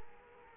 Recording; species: mosquito wingbeat signal from an infrared sensor; Culex quinquefasciatus